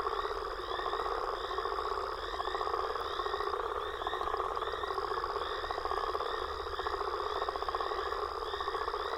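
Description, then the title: Frogs and toads in a continuous chorus, rapid pulsed trills overlapping with rhythmic chirps and a steady high tone. Frog and toad chorus recorded after a storm. "Frog And Toad Chorus Post Storm With Thunder"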